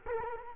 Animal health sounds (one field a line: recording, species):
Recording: mosquito wingbeat signal from an infrared sensor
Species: Culex quinquefasciatus